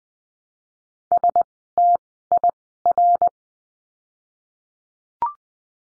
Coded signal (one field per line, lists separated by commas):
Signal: Morse code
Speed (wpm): 20 wpm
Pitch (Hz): 700 Hz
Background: none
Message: STIR